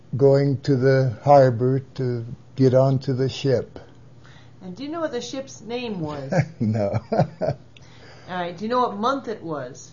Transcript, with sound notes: going to the harbor to get onto the ship.
And do you know what the ships name was?
(laughs) No (laughs)
Alright, do you know what month it was?